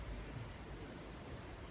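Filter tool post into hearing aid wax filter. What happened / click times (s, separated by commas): Handled, not yet home: no seating click heard / none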